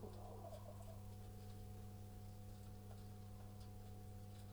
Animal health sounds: poultry house recording; healthy chickens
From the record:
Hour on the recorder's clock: 18

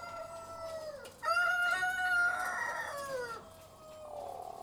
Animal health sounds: poultry house recording; sick chickens (respiratory disease)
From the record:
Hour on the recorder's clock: 13

